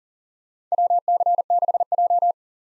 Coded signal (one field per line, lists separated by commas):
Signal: Morse code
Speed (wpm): 40 wpm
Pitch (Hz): 700 Hz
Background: none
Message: WC6J